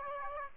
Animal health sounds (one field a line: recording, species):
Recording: mosquito wingbeat signal from an infrared sensor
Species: Aedes aegypti